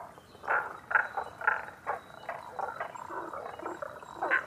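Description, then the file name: Tago's brown frog croaking: a run of short, pulsed, mid-pitched croaks about every half second, then a looser overlapping chatter of further notes. Recorded 11 June 2010 at 18:05. "tagogaeru-20100611-1805"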